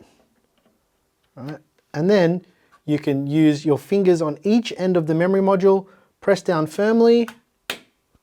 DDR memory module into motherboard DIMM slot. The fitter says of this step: and you'll hear it make a satisfying click. And then your RAM modules installed.